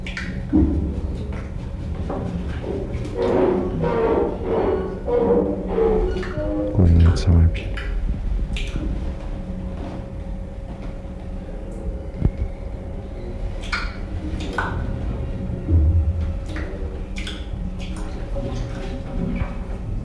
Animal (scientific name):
Colobus polykomos